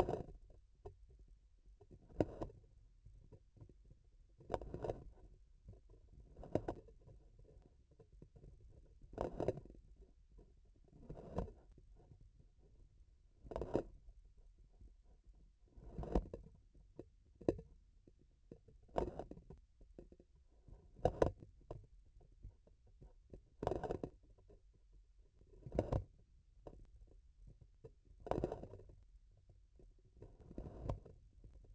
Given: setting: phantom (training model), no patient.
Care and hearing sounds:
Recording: laparoscopic instrument, vibration sensor on the handle end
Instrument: grasping forceps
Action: opening and closing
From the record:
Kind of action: tool actuation without material contact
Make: Olympus

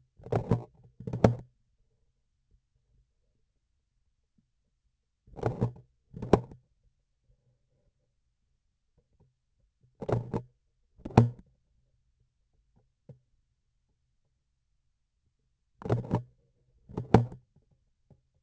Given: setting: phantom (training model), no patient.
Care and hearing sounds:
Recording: laparoscopic instrument, vibration sensor on the handle end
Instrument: grasping forceps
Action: opening and closing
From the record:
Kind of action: tool actuation without material contact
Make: other than Olympus

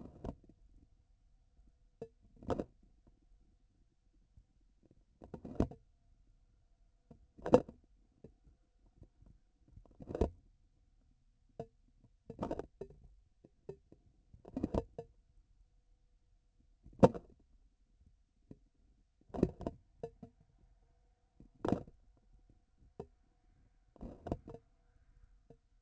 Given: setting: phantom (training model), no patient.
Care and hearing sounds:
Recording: laparoscopic instrument, vibration sensor on the handle end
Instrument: grasping forceps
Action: opening and closing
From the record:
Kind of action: tool actuation without material contact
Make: Olympus

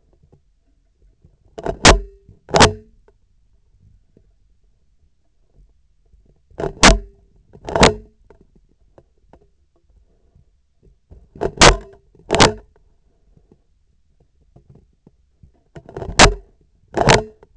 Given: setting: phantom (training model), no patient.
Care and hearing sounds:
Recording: laparoscopic instrument, vibration sensor on the handle end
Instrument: scissors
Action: opening and closing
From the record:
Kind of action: tool actuation without material contact

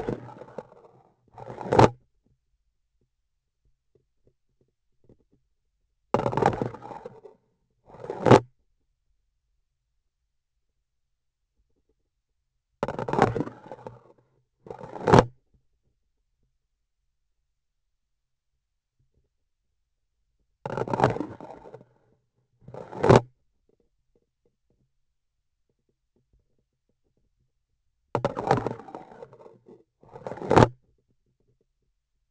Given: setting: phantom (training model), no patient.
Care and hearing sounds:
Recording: laparoscopic instrument, vibration sensor on the handle end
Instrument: grasping forceps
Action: insertion and removal through the trocar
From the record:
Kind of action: spatial motion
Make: other than Olympus

